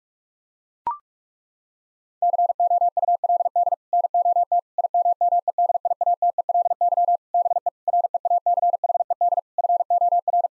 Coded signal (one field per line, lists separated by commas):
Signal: Morse code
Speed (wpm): 41 wpm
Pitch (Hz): 700 Hz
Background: none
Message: COULD NOT IMMEDIATELY BE REACHED FOR